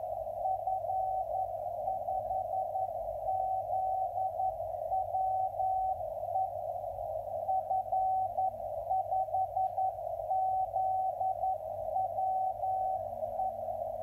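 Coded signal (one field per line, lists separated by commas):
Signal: Morse code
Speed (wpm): 11 wpm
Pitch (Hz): 760 Hz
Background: radio noise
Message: F5ZWE F5ZWE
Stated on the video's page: 10m CW beacon on 28.243 MHz, 10 W into a ground plane near Toulouse, received 1017 km away in Amsterdam on an FT-897 with a Windom antenna, RST 579.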